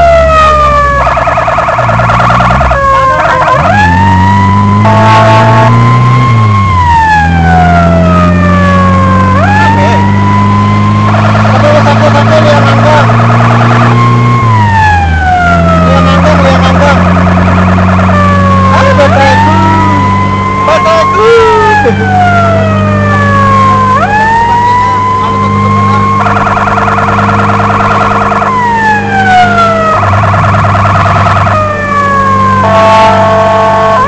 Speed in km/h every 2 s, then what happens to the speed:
40, 34, 37, 41, 51, 56, 61, 61, 65, 66, 70, 73, 73, 74, 73, 72, 72.
0-3 slows to 34. 3-22 speeds up to 73. 22-34 steady at about 73.